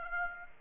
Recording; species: mosquito wingbeat signal from an infrared sensor; Aedes aegypti